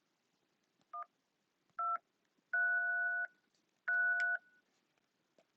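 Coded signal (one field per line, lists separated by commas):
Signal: DTMF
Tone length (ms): 340 ms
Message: 1233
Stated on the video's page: DTMF data sent between two computers through speaker and microphone by a React app, tested against background noise.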